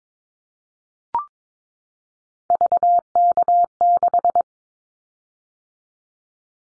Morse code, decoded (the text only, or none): VK6